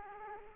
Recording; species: mosquito wingbeat signal from an infrared sensor; Aedes aegypti